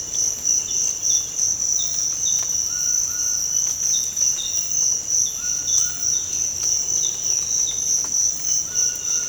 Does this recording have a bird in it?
no